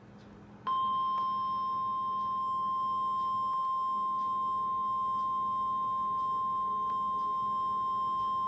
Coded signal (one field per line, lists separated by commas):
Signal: Emergency Alert System (SAME) tones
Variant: 1050 Hz attention tone